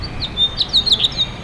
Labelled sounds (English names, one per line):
House Finch song